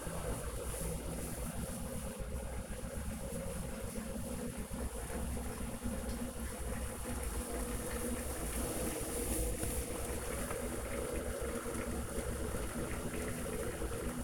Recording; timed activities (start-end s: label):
household activities, microphone on the right wrist
0.00-14.24 s: making tea